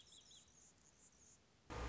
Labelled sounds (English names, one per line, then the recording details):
Anna's Hummingbird
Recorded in Sonoma County, California